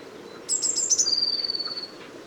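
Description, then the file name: Eurasian blue tit: thin high notes, then a quick steady trill that fades, set against a noisy background. "Cyanistes caeruleus"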